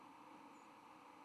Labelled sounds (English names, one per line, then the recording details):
White-throated Sparrow flight call
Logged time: 05:32 on 10 November 2014